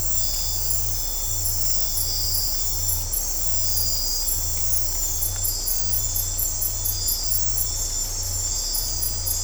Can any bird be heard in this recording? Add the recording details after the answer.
no. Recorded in dense forest near Puerto Asís, Putumayo, Colombia, on 15 December 2024 at 03:00. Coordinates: 0.503, -76.323. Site G043